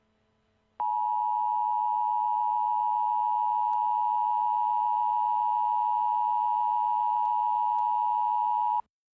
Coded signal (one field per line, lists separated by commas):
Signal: Emergency Alert System (SAME) tones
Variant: 853 and 960 Hz attention tone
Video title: DOD EMERGENCY ALERT